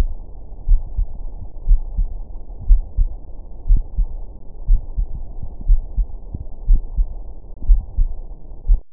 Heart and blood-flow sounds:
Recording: heart sounds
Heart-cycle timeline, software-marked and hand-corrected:
0.01	0.11	S2
0.11	0.69	diastole
0.69	0.81	S1
0.81	0.97	systole
0.97	1.07	S2
1.07	1.67	diastole
1.67	1.81	S1
1.81	1.97	systole
1.97	2.09	S2
2.09	2.69	diastole
2.69	2.83	S1
2.83	2.97	systole
2.97	3.09	S2
3.09	3.69	diastole
3.69	3.83	S1
3.83	3.97	systole
3.97	4.07	S2
4.07	4.69	diastole
4.69	4.81	S1
4.81	4.97	systole
4.97	5.07	S2
5.07	5.67	diastole
5.67	5.81	S1
5.81	5.99	systole
5.99	6.09	S2
6.09	6.67	diastole
6.67	6.81	S1
6.81	6.97	systole
6.97	7.07	S2
7.07	7.67	diastole
7.67	7.81	S1
7.81	7.97	systole
7.97	8.09	S2
8.09	8.67	diastole
8.67	8.79	S1
8.79	8.93	systole
From the record:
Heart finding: coronary artery disease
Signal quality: good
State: rest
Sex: female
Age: 65 years

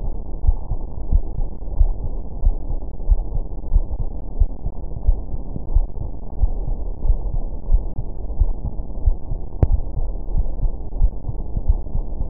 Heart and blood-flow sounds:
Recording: heart sounds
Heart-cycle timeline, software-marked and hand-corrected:
0.00	0.02	systole
0.02	0.12	S2
0.12	0.44	diastole
0.44	0.58	S1
0.58	0.72	systole
0.72	0.80	S2
0.80	1.10	diastole
1.10	1.22	S1
1.22	1.38	systole
1.38	1.48	S2
1.48	1.78	diastole
1.78	1.94	S1
1.94	2.04	systole
2.04	2.14	S2
2.14	2.44	diastole
2.44	2.58	S1
2.58	2.72	systole
2.72	2.80	S2
2.80	3.08	diastole
3.08	3.24	S1
3.24	3.36	systole
3.36	3.44	S2
3.44	3.72	diastole
3.72	3.86	S1
3.86	3.98	systole
3.98	4.08	S2
4.08	4.38	diastole
4.38	4.50	S1
4.50	4.66	systole
4.66	4.74	S2
4.74	5.06	diastole
5.06	5.20	S1
5.20	5.32	systole
5.32	5.40	S2
5.40	5.72	diastole
5.72	5.86	S1
5.86	6.00	systole
6.00	6.10	S2
6.10	6.40	diastole
6.40	6.52	S1
6.52	6.66	systole
6.66	6.76	S2
6.76	7.06	diastole
7.06	7.20	S1
7.20	7.32	systole
7.32	7.42	S2
7.42	7.70	diastole
7.70	7.84	S1
7.84	7.98	systole
7.98	8.06	S2
8.06	8.38	diastole
8.38	8.54	S1
8.54	8.66	systole
8.66	8.76	S2
8.76	9.06	diastole
9.06	9.18	S1
9.18	9.32	systole
9.32	9.40	S2
9.40	9.70	diastole
9.70	9.82	S1
9.82	9.98	systole
9.98	10.08	S2
10.08	10.34	diastole
10.34	10.48	S1
10.48	10.62	systole
10.62	10.72	S2
10.72	10.98	diastole
10.98	11.12	S1
11.12	11.26	systole
11.26	11.36	S2
11.36	11.66	diastole
11.66	11.80	S1
11.80	11.94	systole
11.94	12.04	S2
12.04	12.30	diastole
From the record:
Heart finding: coronary artery disease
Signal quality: good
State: rest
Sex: female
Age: 60 years

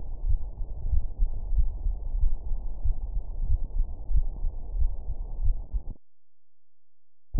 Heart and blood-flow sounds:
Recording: heart sounds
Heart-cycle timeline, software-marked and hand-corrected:
0.00	0.24	diastole
0.24	0.38	S1
0.38	0.52	systole
0.52	0.60	S2
0.60	0.90	diastole
0.90	1.04	S1
1.04	1.20	systole
1.20	1.30	S2
1.30	1.56	diastole
1.56	1.70	S1
1.70	1.84	systole
1.84	1.94	S2
1.94	2.20	diastole
2.20	2.32	S1
2.32	2.46	systole
2.46	2.56	S2
2.56	2.84	diastole
2.84	2.96	S1
2.96	3.10	systole
3.10	3.18	S2
3.18	3.48	diastole
3.48	3.62	S1
3.62	3.76	systole
3.76	3.86	S2
3.86	4.14	diastole
4.14	4.28	S1
4.28	4.42	systole
4.42	4.50	S2
4.50	4.78	diastole
4.78	4.92	S1
4.92	5.06	systole
5.06	5.14	S2
5.14	5.42	diastole
5.42	5.56	S1
5.56	5.72	systole
5.72	5.82	S2
5.82	7.40	noise
From the record:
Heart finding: coronary artery disease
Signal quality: good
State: rest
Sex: female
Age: 74 years

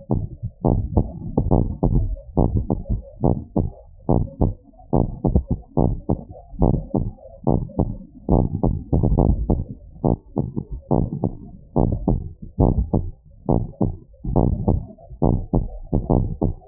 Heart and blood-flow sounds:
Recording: heart sounds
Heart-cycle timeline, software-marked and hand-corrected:
0.00	0.11	systole
0.11	0.23	S2
0.23	0.65	diastole
0.65	0.79	S1
0.79	0.95	systole
0.95	1.07	S2
1.07	1.53	diastole
1.53	1.69	S1
1.69	1.91	systole
1.91	2.07	S2
2.07	2.45	diastole
2.45	2.63	S1
2.63	2.79	systole
2.79	2.85	S2
2.85	3.25	diastole
3.25	3.39	S1
3.39	3.57	systole
3.57	3.69	S2
3.69	4.15	diastole
4.15	4.25	S1
4.25	4.41	systole
4.41	4.53	S2
4.53	4.99	diastole
4.99	5.11	S1
5.11	5.31	systole
5.31	5.45	S2
5.45	5.83	diastole
5.83	5.95	S1
5.95	6.11	systole
6.11	6.19	S2
6.19	6.63	diastole
6.63	6.81	S1
6.81	7.01	systole
7.01	7.11	S2
7.11	7.53	diastole
7.53	7.63	S1
7.63	7.79	systole
7.79	7.89	S2
7.89	8.31	diastole
8.31	8.45	S1
8.45	8.63	systole
8.63	8.73	S2
8.73	9.09	diastole
9.09	9.27	S1
9.27	9.49	systole
9.49	9.61	S2
9.61	10.05	diastole
10.05	10.17	S1
10.17	10.37	systole
10.37	10.49	S2
10.49	10.97	diastole
10.97	11.09	S1
11.09	11.25	systole
11.25	11.33	S2
11.33	11.77	diastole
11.77	11.91	S1
11.91	12.09	systole
12.09	12.21	S2
12.21	12.61	diastole
12.61	12.75	S1
12.75	12.95	systole
12.95	13.07	S2
13.07	13.55	diastole
13.55	13.65	S1
13.65	13.81	systole
13.81	13.91	S2
13.91	14.31	diastole
14.31	14.47	S1
14.47	14.69	systole
14.69	14.81	S2
14.81	15.29	diastole
15.29	15.41	S1
15.41	15.55	systole
15.55	15.67	S2
15.67	16.11	diastole
16.11	16.27	S1
16.27	16.43	systole
16.43	16.53	S2
16.53	16.68	diastole
From the record:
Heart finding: normal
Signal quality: good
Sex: male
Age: 58 years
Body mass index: 23.4

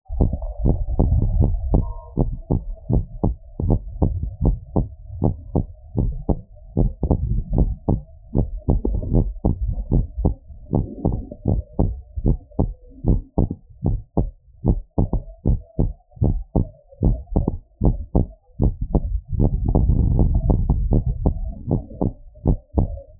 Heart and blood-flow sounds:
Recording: heart sounds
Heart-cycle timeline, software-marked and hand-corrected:
0.00	0.18	systole
0.18	0.30	S2
0.30	0.62	diastole
0.62	0.76	S1
0.76	0.90	systole
0.90	0.98	S2
0.98	1.34	diastole
1.34	1.52	S1
1.52	1.72	systole
1.72	1.86	S2
1.86	2.20	diastole
2.20	2.32	S1
2.32	2.52	systole
2.52	2.60	S2
2.60	2.92	diastole
2.92	3.04	S1
3.04	3.24	systole
3.24	3.36	S2
3.36	3.66	diastole
3.66	3.80	S1
3.80	4.00	systole
4.00	4.12	S2
4.12	4.44	diastole
4.44	4.58	S1
4.58	4.78	systole
4.78	4.88	S2
4.88	5.22	diastole
5.22	5.34	S1
5.34	5.56	systole
5.56	5.66	S2
5.66	5.98	diastole
5.98	6.12	S1
6.12	6.30	systole
6.30	6.40	S2
6.40	6.78	diastole
6.78	6.90	S1
6.90	7.08	systole
7.08	7.18	S2
7.18	7.54	diastole
7.54	7.70	S1
7.70	7.90	systole
7.90	8.00	S2
8.00	8.36	diastole
8.36	8.48	S1
8.48	8.70	systole
8.70	8.80	S2
8.80	9.14	diastole
9.14	9.28	S1
9.28	9.46	systole
9.46	9.56	S2
9.56	9.92	diastole
9.92	10.06	S1
10.06	10.24	systole
10.24	10.34	S2
10.34	10.74	diastole
10.74	10.86	S1
10.86	11.06	systole
11.06	11.16	S2
11.16	11.48	diastole
11.48	11.60	S1
11.60	11.80	systole
11.80	11.92	S2
11.92	12.26	diastole
12.26	12.38	S1
12.38	12.60	systole
12.60	12.70	S2
12.70	13.08	diastole
13.08	13.20	S1
13.20	13.38	systole
13.38	13.48	S2
13.48	13.86	diastole
13.86	13.98	S1
13.98	14.18	systole
14.18	14.28	S2
14.28	14.66	diastole
14.66	14.78	S1
14.78	14.98	systole
14.98	15.08	S2
15.08	15.46	diastole
15.46	15.60	S1
15.60	15.80	systole
15.80	15.92	S2
15.92	16.28	diastole
16.28	16.40	S1
16.40	16.56	systole
16.56	16.66	S2
16.66	17.04	diastole
17.04	17.18	S1
17.18	17.36	systole
17.36	17.48	S2
17.48	17.86	diastole
17.86	17.98	S1
17.98	18.16	systole
18.16	18.28	S2
18.28	18.64	diastole
18.64	18.74	S1
18.74	18.94	systole
18.94	19.04	S2
19.04	19.40	diastole
19.40	19.54	S1
19.54	19.76	systole
19.76	19.90	S2
19.90	20.18	diastole
20.18	20.32	S1
20.32	20.48	systole
20.48	20.62	S2
20.62	20.92	diastole
20.92	21.04	S1
21.04	21.24	systole
21.24	21.34	S2
21.34	21.70	diastole
21.70	21.82	S1
21.82	22.02	systole
22.02	22.12	S2
22.12	22.46	diastole
22.46	22.56	S1
22.56	22.76	systole
22.76	22.88	S2
22.88	23.20	diastole
From the record:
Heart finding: normal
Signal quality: good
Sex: female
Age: 45 years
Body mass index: 28.5

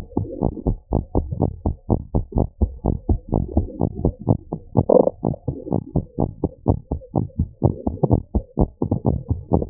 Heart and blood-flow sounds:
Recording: heart sounds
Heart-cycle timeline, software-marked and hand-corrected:
0.00	0.05	S1
0.05	0.17	systole
0.17	0.27	S2
0.27	0.43	diastole
0.43	0.55	S1
0.55	0.67	systole
0.67	0.77	S2
0.77	0.93	diastole
0.93	1.05	S1
1.05	1.17	systole
1.17	1.27	S2
1.27	1.41	diastole
1.41	1.53	S1
1.53	1.65	systole
1.65	1.75	S2
1.75	1.91	diastole
1.91	2.01	S1
2.01	2.15	systole
2.15	2.23	S2
2.23	2.37	diastole
2.37	2.47	S1
2.47	2.59	systole
2.59	2.71	S2
2.71	2.87	diastole
2.87	2.97	S1
2.97	3.07	systole
3.07	3.21	S2
3.21	3.37	diastole
3.37	3.49	S1
3.49	3.55	systole
3.55	3.67	S2
3.67	3.81	diastole
3.81	3.91	S1
3.91	4.03	systole
4.03	4.13	S2
4.13	4.29	diastole
4.29	4.39	S1
4.39	4.51	systole
4.51	4.61	S2
4.61	4.77	diastole
4.77	4.87	S1
4.87	4.99	systole
4.99	5.09	S2
5.09	5.25	diastole
5.25	5.35	S1
5.35	5.47	systole
5.47	5.55	S2
5.55	5.71	diastole
5.71	5.81	S1
5.81	5.93	systole
5.93	6.03	S2
6.03	6.19	diastole
6.19	6.29	S1
6.29	6.41	systole
6.41	6.51	S2
6.51	6.69	diastole
6.69	6.79	S1
6.79	6.91	systole
6.91	6.99	S2
6.99	7.17	diastole
7.17	7.27	S1
7.27	7.39	systole
7.39	7.49	S2
7.49	7.65	diastole
7.65	7.75	S1
7.75	7.87	systole
7.87	7.97	S2
7.97	8.11	diastole
8.11	8.21	S1
8.21	8.33	systole
8.33	8.43	S2
8.43	8.59	diastole
8.59	8.69	S1
8.69	8.81	systole
8.81	8.89	S2
8.89	9.07	diastole
9.07	9.19	S1
9.19	9.31	systole
9.31	9.39	S2
9.39	9.53	diastole
9.53	9.65	S1
9.65	9.69	systole
From the record:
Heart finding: abnormal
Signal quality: good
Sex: female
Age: 35 years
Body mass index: 31.1

